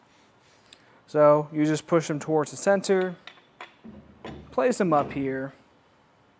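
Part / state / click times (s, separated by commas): ladder rack crossbar into truck bed rack tower / not seated / none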